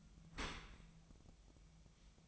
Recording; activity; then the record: daily activity, microphone in the room; open dishwasher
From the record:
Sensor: 1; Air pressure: 1004.7 hPa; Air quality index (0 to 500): 114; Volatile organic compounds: 4 ppm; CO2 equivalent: 1585 ppm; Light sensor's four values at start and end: 9/22/8/9 and 9/22/8/9